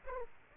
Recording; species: mosquito wingbeat signal from an infrared sensor; Aedes aegypti